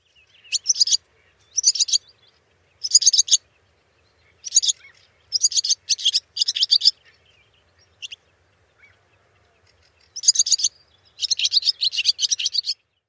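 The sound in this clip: Barn swallow giving high, thin twittering chirps in short rapid bursts, groups separated by brief silent pauses, with a fuller run of chatter near the end.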